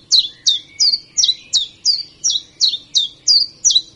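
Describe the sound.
Common chiffchaff singing a rapid, even series of high, clipped notes, close to three per second, with a faint thin whistle underneath early on.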